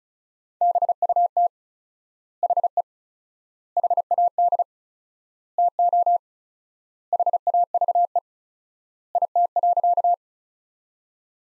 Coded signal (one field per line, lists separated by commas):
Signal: Morse code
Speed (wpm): 36 wpm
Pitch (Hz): 700 Hz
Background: none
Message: BUT HE HAD TO HAVE IT.